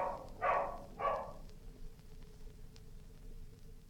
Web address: knock on door dog barks door closed